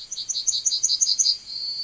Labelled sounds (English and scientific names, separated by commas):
Yellowhammer (Emberiza citrinella) song